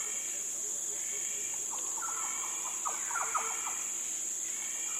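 Yellow oriole giving a brief burst of fluty whistled notes in the middle, with a steady thin high-pitched drone in the background.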